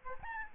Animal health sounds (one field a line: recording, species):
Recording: mosquito wingbeat signal from an infrared sensor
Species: Aedes albopictus